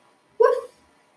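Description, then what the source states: Dog giving a single short, sharp bark, with a quiet background. Farm dog.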